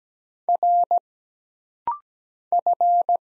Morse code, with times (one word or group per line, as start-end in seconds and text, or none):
0.5-1.0 R
2.5-3.2 F